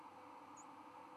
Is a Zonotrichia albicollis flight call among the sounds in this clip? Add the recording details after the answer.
no. Another species' flight call is heard. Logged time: 00:11 on 31 October 2014